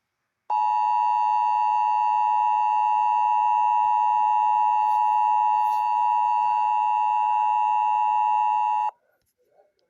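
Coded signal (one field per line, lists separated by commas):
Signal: Emergency Alert System (SAME) tones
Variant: 853 and 960 Hz attention tone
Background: speech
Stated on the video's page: Fictional simulated EAS scenario with severe thunderstorm, tornado and civil danger/civil emergency alerts.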